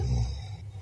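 A brief, deep rumbling sound, almost all low-pitched, is loudest at the start and fades over less than a second. It is the tail of a single snore from a sleeping adult man, recorded at home by his wife.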